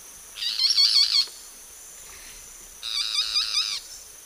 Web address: Natures Songs S America Eastern Lowlands. Megarynchus pitangua, songs 2 birds